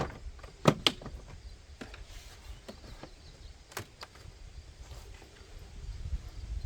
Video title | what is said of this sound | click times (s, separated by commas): Upgrade Your Headlights To These BEAMTECH LEDS! | And then just lift our air box up from this back. Hear it pop up. | 0.9 s